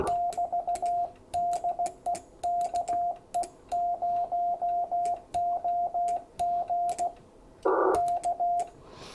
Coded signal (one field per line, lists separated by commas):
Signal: Morse code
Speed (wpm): 16 wpm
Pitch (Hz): 700 Hz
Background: radio noise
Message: <BT> DE KE0OG K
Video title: Finding A Practice Iambic Keyer (#786)